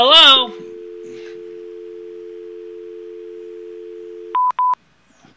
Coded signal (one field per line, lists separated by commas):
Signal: telephone call progress tone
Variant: North America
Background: speech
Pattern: dial tone